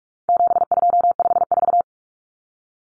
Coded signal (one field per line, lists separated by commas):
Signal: Morse code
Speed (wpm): 44 wpm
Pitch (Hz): 700 Hz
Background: none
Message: 7254